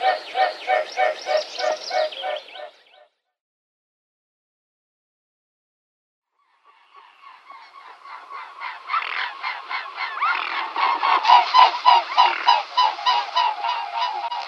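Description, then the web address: Mute swan wingbeats throbbing in a steady pulsing rhythm, about three beats a second, stopping, then after a silent pause building again and growing louder. "Schulze Peter Mute Swan wing Sound"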